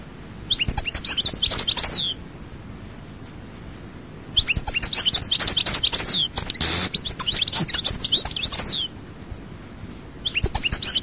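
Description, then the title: European goldfinch song in three bursts of quick, high, tinkling twitters, with a short buzzy, hissy note in the middle burst and quiet gaps between phrases. "Chant Chardonneret"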